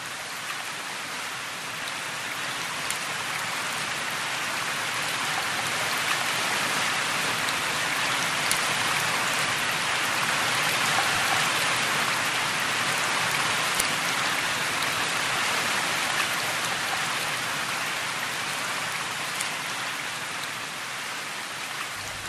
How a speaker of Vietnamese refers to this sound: Chiều nay lại mưa, tiếng mưa rơi nặng hạt rào rào trên mái tôn. Mưa loáng nước, ướt sũng cả mặt sông trong căn nhà sàn trên sông nước.